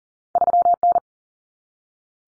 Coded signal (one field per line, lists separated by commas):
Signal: Morse code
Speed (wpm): 40 wpm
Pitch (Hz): 700 Hz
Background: none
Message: 3N